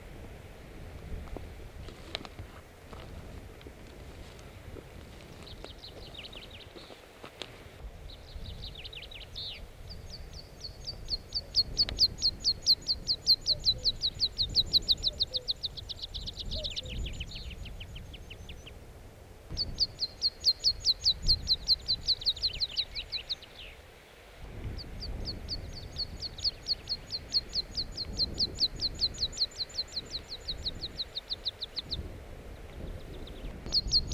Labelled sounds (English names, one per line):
Meadow Pipit